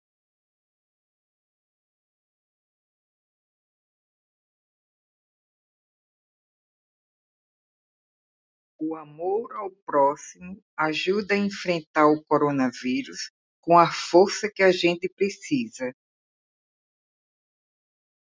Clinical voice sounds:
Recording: spoken sentence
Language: Brazilian Portuguese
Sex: female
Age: 60 to 69 years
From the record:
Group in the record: control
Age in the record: 65 years

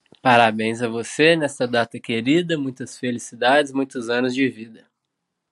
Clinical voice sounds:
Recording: short text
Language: Brazilian Portuguese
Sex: female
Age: 30 to 39 years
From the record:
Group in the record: control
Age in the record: 32 years

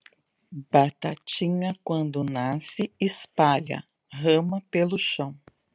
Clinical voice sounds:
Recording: short text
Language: Brazilian Portuguese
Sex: female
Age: 50 to 59 years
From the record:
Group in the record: control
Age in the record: 55 years

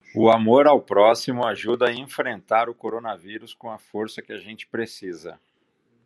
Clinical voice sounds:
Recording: spoken sentence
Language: Brazilian Portuguese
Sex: male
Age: 40 to 49 years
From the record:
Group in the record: control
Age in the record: 49 years

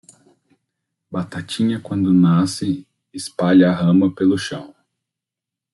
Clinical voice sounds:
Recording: short text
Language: Brazilian Portuguese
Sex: male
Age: 30 to 39 years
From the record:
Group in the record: control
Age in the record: 35 years

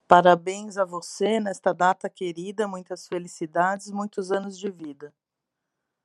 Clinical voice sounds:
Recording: short text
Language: Brazilian Portuguese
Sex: female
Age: 40 to 49 years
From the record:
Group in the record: control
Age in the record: 45 years

